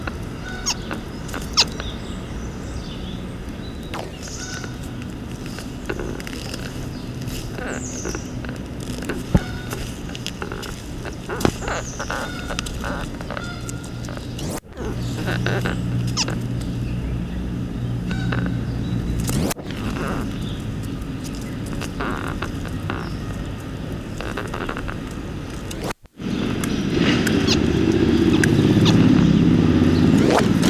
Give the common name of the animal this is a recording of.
Reeves' Muntjac